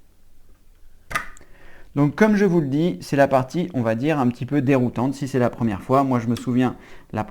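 A second memory module is lined up with the slot key and pressed down on both sides into the motherboard slot, and it clicks as it seats at 1.2 s. A fainter, very short tick follows at 1.4 s, then someone talks for the rest of the clip.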